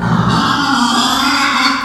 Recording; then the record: squeal of a Yucatan mini pig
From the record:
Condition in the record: after surgery on the right vocal fold (resection and tissue-engineered implant); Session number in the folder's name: 16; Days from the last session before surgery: 183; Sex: female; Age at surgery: 19 weeks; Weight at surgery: 25 kg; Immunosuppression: prednisolone